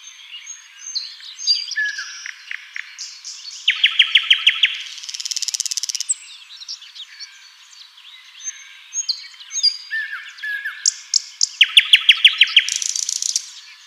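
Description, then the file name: Common nightingale song: scattered whistles, then a run of rapid, even repeated notes and a harsh buzzy rattle, the pattern heard twice. "Luscinia megarhynchos"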